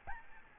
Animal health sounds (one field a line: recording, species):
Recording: mosquito wingbeat signal from an infrared sensor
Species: Aedes albopictus